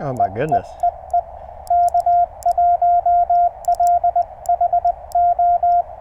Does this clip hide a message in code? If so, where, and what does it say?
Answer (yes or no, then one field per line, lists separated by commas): yes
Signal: Morse code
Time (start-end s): 0.2-5.8 s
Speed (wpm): 20 wpm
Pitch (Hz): 720 Hz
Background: speech, radio noise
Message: EEEE K1LHO